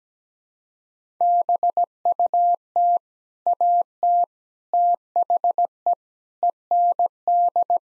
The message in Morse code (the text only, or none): BUT AT THE END